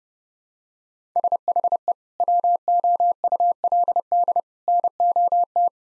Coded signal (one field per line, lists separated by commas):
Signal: Morse code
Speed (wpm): 30 wpm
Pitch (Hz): 700 Hz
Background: none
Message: SHE WOULD NOT